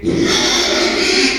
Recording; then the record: squeal of a Yucatan mini pig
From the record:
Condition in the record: after surgery on the right vocal fold (resection and tissue-engineered implant); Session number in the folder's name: 2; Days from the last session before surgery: 13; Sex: male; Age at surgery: 12 weeks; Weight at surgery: 13 kg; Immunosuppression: cyclosporine, prednisolone